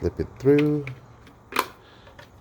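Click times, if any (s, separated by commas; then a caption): 1.6 s. Someone talks as the plastic cover or filter housing of a Potulas BU0985S-0768mn True HEPA air purifier, its tabs and guide lined up, is slipped through into the purifier body. A single sharp click at 1.6 s marks the cover seating in place, followed by faint small handling sounds.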